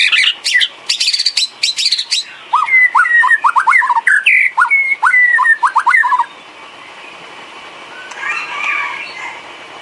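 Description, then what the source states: Bird: bird song in a rapid run of sharp high chirps and buzzy notes, then quickly repeated whistled slurs, ending in softer chatter. Complete masteran set of bird chirping, used to train birds.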